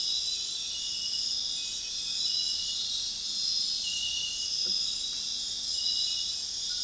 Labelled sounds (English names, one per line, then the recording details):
none
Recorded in dense forest near Puerto Asís, Putumayo, Colombia, on 20 February 2024 at 00:30
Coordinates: 0.502, -76.324
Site G6370